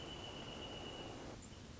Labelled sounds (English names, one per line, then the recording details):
Wrentit
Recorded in Sonoma County, California